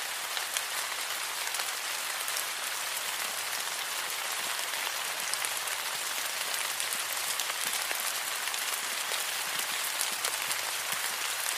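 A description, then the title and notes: A tropical rainstorm pours down steadily, a dense, bright hiss of rain with no let-up across the whole stretch. Individual drops tap sharply on surfaces now and then, scattered through the wash, while almost nothing sits underneath in the low end. Tropical Rainstorm Sounds.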